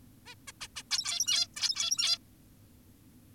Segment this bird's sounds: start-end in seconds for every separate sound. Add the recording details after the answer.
0.26-0.35, 0.48-0.52, 0.61-0.68, 0.76-0.83, 0.91-1.48, 1.56-2.18. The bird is an adult. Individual g17y2U